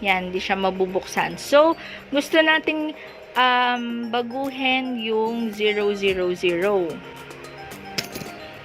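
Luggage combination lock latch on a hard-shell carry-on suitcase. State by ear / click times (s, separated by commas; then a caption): released / 8.0 s. A built-in combination lock latch on a hard-shell carry-on suitcase is worked while changing its combination, with someone talking throughout. The lock releases with a single sharp click at 8.0 s.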